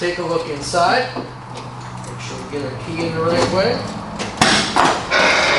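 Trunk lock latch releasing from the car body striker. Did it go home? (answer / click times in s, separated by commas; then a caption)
released / 4.4 s, 4.8 s. Someone talks while turning a key in the trunk lock of a 1968 Pontiac GTO. The trunk lock latch releases from the car body striker with sharp pops at 4.4 s and 4.8 s, and the trunk lid opens, confirming the lock works.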